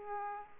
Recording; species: mosquito wingbeat signal from an infrared sensor; Aedes aegypti